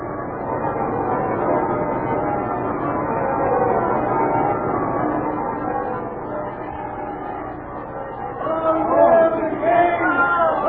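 Church bells ring out in Paris on a wedding day over a dense murmur of crowd chatter from crowd-lined streets, the clanging tones blending into the steady hubbub and swelling louder toward the end.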